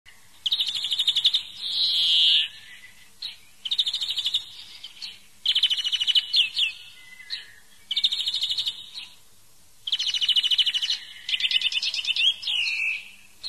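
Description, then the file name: European greenfinch repeating fast twittering trills, some followed by a buzzy nasal wheeze, in several bouts separated by short pauses. "verso verdone"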